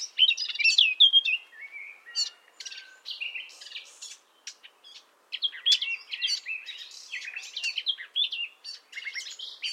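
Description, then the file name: Common nightingale song of quick, varied notes: downslurred whistles, brief trills and sharp chirps, with short pauses between bursts. "Luscinia megarhynchos"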